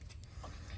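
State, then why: Seated. A second wiring harness plug is pushed into the alternator connector on a 2012 Hyundai Veloster, with the alternator already bolted back in. Over a steady low rumble, one short, sharp click sounds at 0.2 s, and the plug clicks in and seats.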